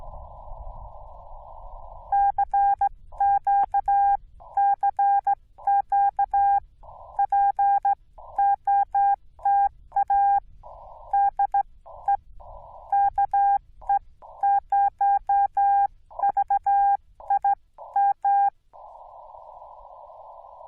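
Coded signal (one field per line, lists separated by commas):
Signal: Morse code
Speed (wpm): 15 wpm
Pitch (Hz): 800 Hz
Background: none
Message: CQ CQ POTA DE KE0VIM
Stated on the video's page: Rusty CW on a POTA/SOTA activation at Angels Landing, Yaesu FT-891 at 25 watts into a 17-foot Chameleon whip leaned in a tree.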